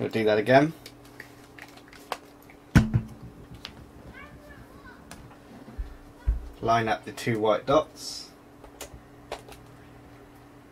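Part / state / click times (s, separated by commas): interchangeable lens into camera body mount / seated / 9.3 s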